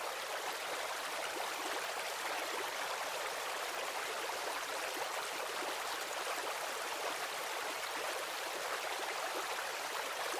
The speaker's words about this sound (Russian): За домом я услышала журчание ручья, из которого, наверное, Нейл и брал питьевую воду.